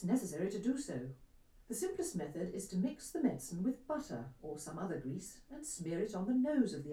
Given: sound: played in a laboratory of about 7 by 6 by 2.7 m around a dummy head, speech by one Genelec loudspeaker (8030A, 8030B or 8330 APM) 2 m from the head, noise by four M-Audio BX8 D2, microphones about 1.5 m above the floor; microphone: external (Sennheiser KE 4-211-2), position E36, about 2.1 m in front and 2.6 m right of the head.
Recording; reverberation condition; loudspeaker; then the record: female speech in English; low; 30 degrees to the left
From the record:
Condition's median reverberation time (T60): about 310 ms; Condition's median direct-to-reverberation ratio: about 3.5 dB